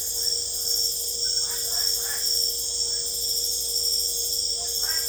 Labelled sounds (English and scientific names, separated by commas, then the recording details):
none
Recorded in secondary vegetation near Puerto Asís, Putumayo, Colombia, on 26 December 2024 at 21:30
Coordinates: 0.488, -76.319
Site GP04